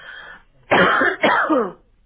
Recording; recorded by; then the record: voluntary cough; telephone call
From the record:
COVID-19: positive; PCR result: checked with the laboratory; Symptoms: no